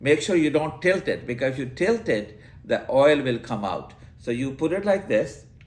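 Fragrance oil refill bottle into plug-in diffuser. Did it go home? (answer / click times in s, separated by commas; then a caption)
no / none. A man talks while a plastic-capped glass bottle of fragrance oil refill is held upright, so the oil won't spill out, and lined up to go into an Air Wick plug-in air freshener diffuser. Nothing has seated or clicked yet.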